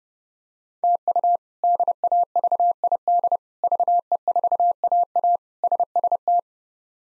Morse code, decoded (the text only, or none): TU DAVID VE4AA SST